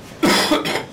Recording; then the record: coughing mixed with background sound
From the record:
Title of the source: Man Coughing Sound - Wet Cough Sound Effect